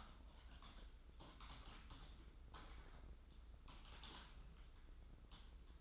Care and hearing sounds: daily activity, microphone in the room; typing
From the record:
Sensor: 3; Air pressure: 994.4 hPa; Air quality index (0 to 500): 205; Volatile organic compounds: 1000 ppm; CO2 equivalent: 6802 ppm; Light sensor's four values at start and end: 84/196/81/78 and 84/196/81/78

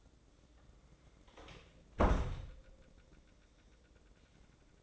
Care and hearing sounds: daily activity, microphone in the room; close door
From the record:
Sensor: 3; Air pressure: 1012.3 hPa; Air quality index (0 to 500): 182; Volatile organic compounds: 3 ppm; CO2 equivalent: 1394 ppm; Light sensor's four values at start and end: 445/1103/453/456 and 448/1109/455/458

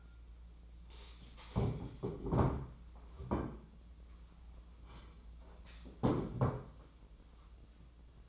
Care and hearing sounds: daily activity, microphone in the room; stand up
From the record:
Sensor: 1

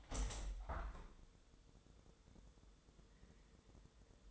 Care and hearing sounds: daily activity, microphone in the room; open window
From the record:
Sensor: 3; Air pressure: 1014.9 hPa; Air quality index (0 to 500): 28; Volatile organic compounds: 1 ppm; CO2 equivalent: 522 ppm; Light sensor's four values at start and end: 10/23/9/9 and 10/23/10/9

